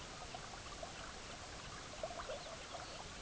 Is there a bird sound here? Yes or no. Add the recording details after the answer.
yes. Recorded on Arctic tundra, site EABA-MC, on 18 June 2019. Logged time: 10:00